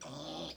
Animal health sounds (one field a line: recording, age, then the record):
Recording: pig call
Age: piglet (1 to 25 days)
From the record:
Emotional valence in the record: negative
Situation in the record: castration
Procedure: castration, fixation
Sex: male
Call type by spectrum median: low-frequency call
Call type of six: mixed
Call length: 0.56 s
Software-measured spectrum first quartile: 470 Hz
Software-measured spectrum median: 1449 Hz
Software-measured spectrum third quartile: 4012 Hz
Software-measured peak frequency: 578 Hz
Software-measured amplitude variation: 93 dB a second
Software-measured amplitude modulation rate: 28.6 a second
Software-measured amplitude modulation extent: 3.3 dB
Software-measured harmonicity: 2.6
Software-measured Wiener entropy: -1.99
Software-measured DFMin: 1038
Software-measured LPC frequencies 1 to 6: 575, 3399, 4838, 5867, 7620, 8589 Hz